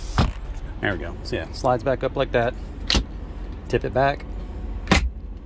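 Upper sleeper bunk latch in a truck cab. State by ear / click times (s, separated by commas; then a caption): seated / 4.9 s. The upper sleeper bunk in the cab of a 2021 Freightliner Cascadia truck is tipped back up while someone talks, with a few sharp knocks along the way. The bunk latch locks into place with a single sharp knock at 4.9 seconds.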